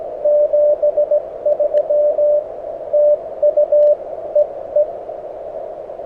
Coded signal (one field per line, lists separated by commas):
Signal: Morse code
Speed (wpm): 17 wpm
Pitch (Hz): 590 Hz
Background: none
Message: 73 TU EE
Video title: Beginner Morse Code SOTA Practice | Cooper Mountain | Summits on the Air